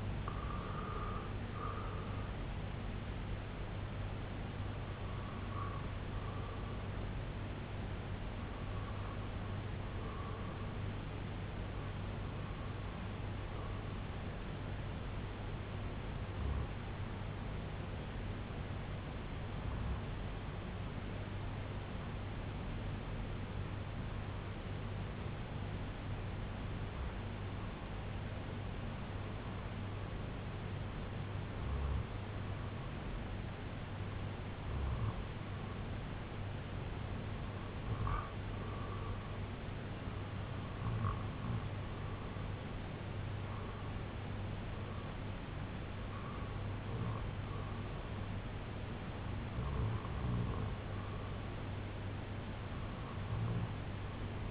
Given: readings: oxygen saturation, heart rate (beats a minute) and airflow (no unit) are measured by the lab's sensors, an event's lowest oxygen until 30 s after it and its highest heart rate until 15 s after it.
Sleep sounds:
breathing in sleep by a voice recorder at the bedside; 1
20.00-47.10 s: hypopnea (REM, oxygen 97% highest, then 95% lowest, heart rate 64 at the start, 72 highest)
From the record:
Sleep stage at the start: REM sleep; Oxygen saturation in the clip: 95 to 97%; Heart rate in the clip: 64 to 78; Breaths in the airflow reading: 15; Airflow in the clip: -1.0 to 2.6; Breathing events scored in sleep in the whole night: 258 in 7.4 hours asleep

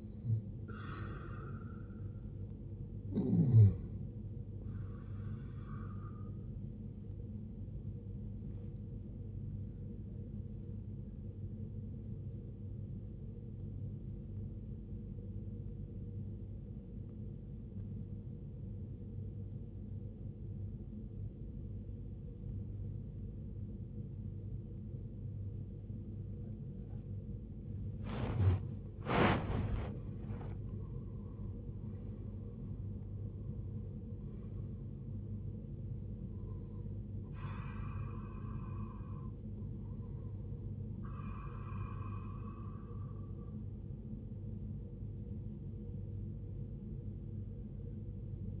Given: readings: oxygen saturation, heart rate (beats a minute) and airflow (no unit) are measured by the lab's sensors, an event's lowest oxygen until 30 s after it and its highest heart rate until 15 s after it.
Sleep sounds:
breathing in sleep by a smartphone at the bedside; 1
10.00-30.10 s: obstructive apnea (N1, oxygen 94% highest, then 82% lowest, heart rate 61 at the start, 81 highest)
From the record:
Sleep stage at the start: N1 (lightest sleep); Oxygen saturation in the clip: 77 to 94%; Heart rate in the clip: 61 to 81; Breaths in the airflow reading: 7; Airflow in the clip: -12.9 to 13.6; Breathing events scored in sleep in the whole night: 389 in 6.3 hours asleep

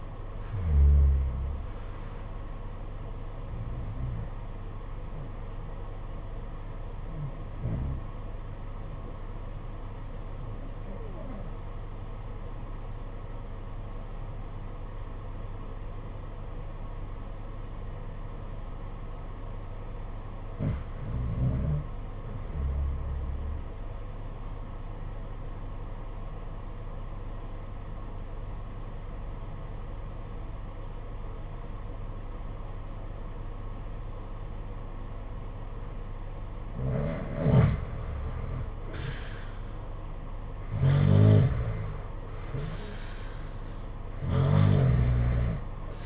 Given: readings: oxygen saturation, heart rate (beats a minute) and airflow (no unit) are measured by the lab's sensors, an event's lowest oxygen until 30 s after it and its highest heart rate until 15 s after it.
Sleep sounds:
breathing in sleep by a smartphone at the bedside; 1
7.00-38.80 s: obstructive apnea (REM, oxygen 96% highest, then 81% lowest, heart rate 60 at the start, 73 highest)
From the record:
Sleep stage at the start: REM sleep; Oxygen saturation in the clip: 83 to 96%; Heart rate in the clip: 60 to 73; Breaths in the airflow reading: 4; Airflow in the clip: -8.6 to 8.6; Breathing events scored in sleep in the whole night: 476 in 9.7 hours asleep

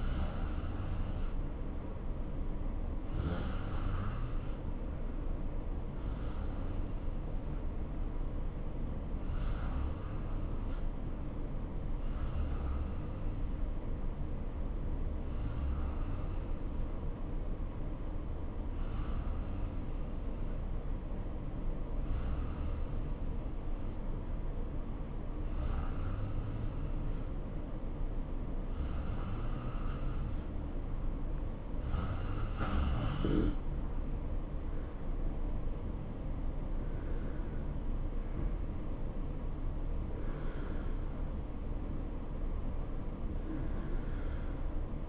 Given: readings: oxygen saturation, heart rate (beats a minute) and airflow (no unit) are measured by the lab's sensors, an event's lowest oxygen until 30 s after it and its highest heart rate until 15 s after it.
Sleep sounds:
breathing in sleep by a smartphone at the bedside; 1
3.00-32.20 s: hypopnea (N2, oxygen 93% highest, then 87% lowest, heart rate 68 at the start, 70 highest)
From the record:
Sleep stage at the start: N2 (light sleep); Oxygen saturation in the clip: 88 to 93%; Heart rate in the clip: 63 to 70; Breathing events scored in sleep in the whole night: 277 in 7.4 hours asleep

